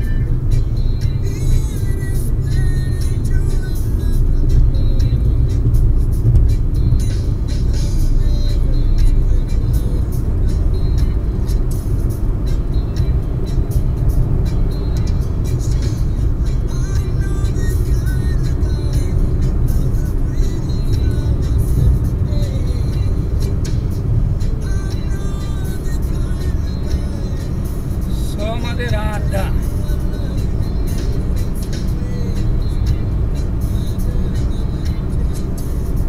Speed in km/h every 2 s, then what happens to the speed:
91, 91, 94, 97, 102, 106, 109, 109, 112, 115, 118, 119, 120, 121, 121, 121, 121, 120.
0-21 speeds up to 119. 21-36 steady at about 121.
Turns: none.